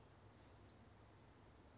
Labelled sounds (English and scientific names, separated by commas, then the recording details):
Western Flycatcher (Empidonax difficilis)
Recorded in Sonoma County, California